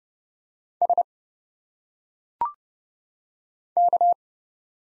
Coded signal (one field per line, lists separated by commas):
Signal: Morse code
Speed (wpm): 31 wpm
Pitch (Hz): 700 Hz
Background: none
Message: S K